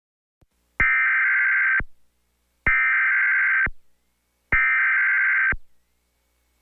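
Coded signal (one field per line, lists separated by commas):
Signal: Emergency Alert System (SAME) tones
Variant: header bursts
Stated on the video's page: Tornado Warning EAS alert.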